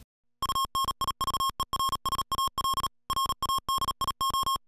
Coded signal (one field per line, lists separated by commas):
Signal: Morse code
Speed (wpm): 38 wpm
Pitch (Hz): 1080 Hz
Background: music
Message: UNIVERSAL RADIO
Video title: Universal-Radio presents the Icom IC-2730A dual band transceiver